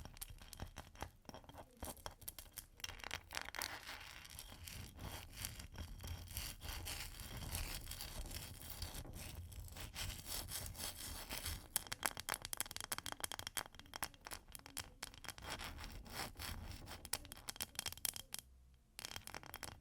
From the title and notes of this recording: ASMR Ice Tapping & Scratching (No Talking).